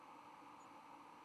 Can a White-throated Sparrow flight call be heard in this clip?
no